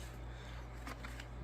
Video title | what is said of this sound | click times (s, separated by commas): Upgraded Camera//Vlog//Filming Equipment Feat. Hover Air X1 Drone | you open it like that it locks in place there's like a it's it's almost like a let me see if you'll see it here boom | 1.2 s